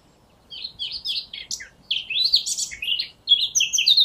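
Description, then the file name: Eurasian blackcap giving a brisk song of warbled notes that turn into loud, clear whistles, the phrase cut short and restarted near the end. "Sylvia atricapilla"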